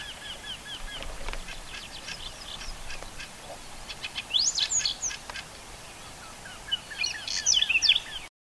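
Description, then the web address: Whinchat song: short scratchy phrases of high sweeping notes at about four and seven seconds, over faint, rapidly repeated chirps. "Saxicola rubetra"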